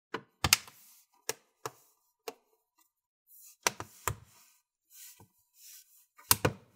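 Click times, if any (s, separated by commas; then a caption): 0.4 s, 0.5 s, 1.3 s, 3.7 s, 4.1 s, 6.3 s. A laptop's plastic bottom cover, on an HP Envy x360 15m, is pressed down at the corners and along the back edge so its retaining clips snap into the chassis. Sharp clicks are heard at about 0.5, 0.5, 1.3, 3.7, 4.1 and 6.3 seconds, with softer knocks and rustling between them. The cover clips seat home.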